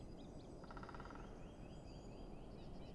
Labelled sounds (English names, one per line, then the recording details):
Song Thrush
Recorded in Germany
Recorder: ecoPi